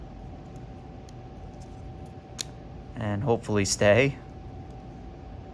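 A plywood model part is pressed further into the kit frame and snaps home with a sharp click at 2.4 seconds, seating in place. Someone then talks over a faint steady hum.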